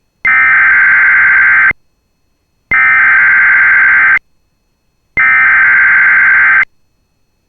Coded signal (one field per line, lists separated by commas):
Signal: Emergency Alert System (SAME) tones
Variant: header bursts